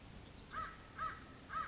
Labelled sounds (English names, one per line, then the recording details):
American Crow
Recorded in Sonoma County, California